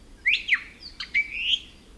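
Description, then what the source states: I'iwi calls, a few squeaky, creaky notes sliding up and down, with a short break between two bursts of sound. Hawaiian honeycreeper that darts quickly from flower to flower.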